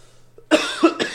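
Two quick, harsh coughs from an adult man with a cold, in a small room, with a faint low hum behind.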